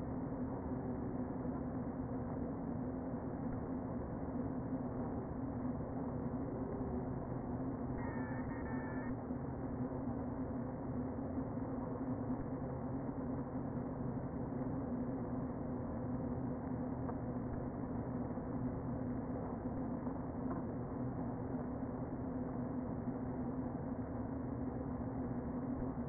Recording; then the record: honeybee colony, microphone inside the hive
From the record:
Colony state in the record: queen present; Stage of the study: before two queens were removed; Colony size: about 60,000 bees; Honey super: yes